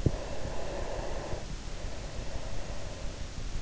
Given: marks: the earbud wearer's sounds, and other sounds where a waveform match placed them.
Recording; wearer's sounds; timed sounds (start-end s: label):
sounds in sleep by an in-ear microphone; breath
0.11-3.49 s: breath